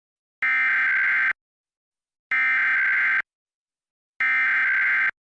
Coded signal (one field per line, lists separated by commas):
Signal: Emergency Alert System (SAME) tones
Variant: header bursts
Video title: WBBJ/WNBJ Emergency Alert System (EAS) Test, 7/6/2021